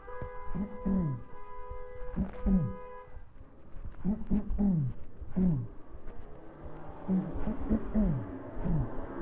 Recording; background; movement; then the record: throat clearing; traffic; walking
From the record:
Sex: male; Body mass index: 20.5 kg/m2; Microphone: on the chest, facing the body